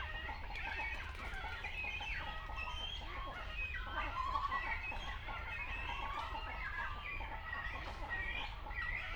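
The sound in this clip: Great cormorants calling in a colony, a dense continuous din of harsh, overlapping croaks and chatter with a steady low rumble underneath.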